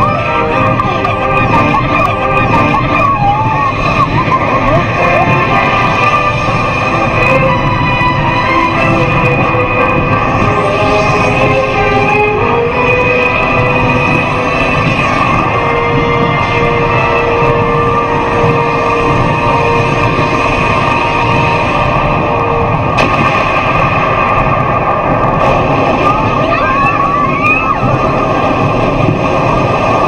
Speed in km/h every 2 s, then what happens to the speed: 112, 112, 112, 112, 112, 112, 112, 112, 112, 112, 112, 112, 111, 112, 111.
0-30 steady at about 112.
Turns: none.